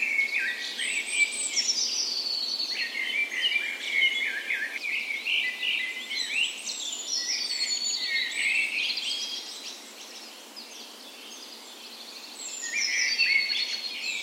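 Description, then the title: Dawn chorus of birds, lively overlapping songs with repeated chirps, trills and descending whistles, briefly quieter then building again near the end. Dawn chorus in spring, morning of 17 May, Norway's National Day, in a park west in Bergen, Norway; recorded with Sony PCM A10 and LOM micro Usi microphones as tree ears. "17th Of May Dawn Chorus"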